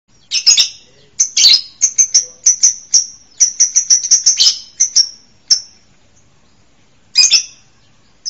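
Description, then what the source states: Bird song: loud high sharp chips in quick bursts, with a pause before a final brief burst. Audio for training songbirds.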